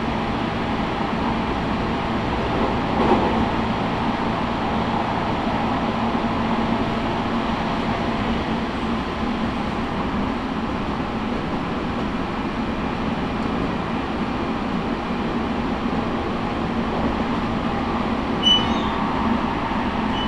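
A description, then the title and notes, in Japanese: A train on the Tokaido Line between Hamamatsu and Toyohashi gives a steady, dense rumble with a low hum that holds an even level for the whole stretch. A brief knock comes near three seconds, and faint high squeaks chirp around eighteen seconds. 東海道本線 浜松→豊橋。6:20発の豊橋行きに乗車して。多少は通勤通学ラッシュにも入りこみます。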